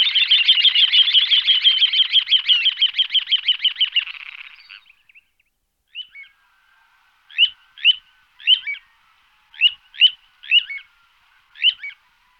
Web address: All the bird songs of Britain and Europe - Jean-Claude Roche. Charadrius dubius